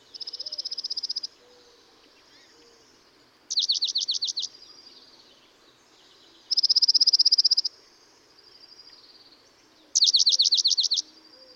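Dark-eyed Junco singing trills about every three seconds, alternating a fast steady high trill with a slower trill of slurred notes, each about a second long.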